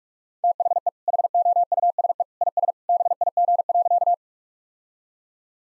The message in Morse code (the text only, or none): THE HOUSE IS BIG.